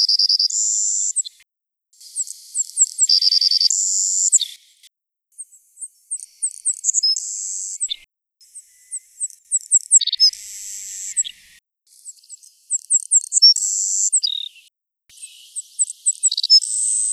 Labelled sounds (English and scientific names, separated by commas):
Savannah Sparrow (Passerculus sandwichensis) song